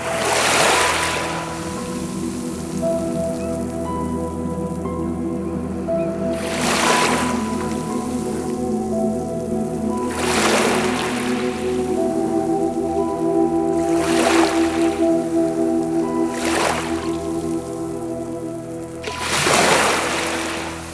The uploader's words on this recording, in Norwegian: Denne kretsløpsreisen er uten ord, bare med nøye utvalgt musikk og lyder av vann i flere stadier, opptak gjort gjennom flere måneder.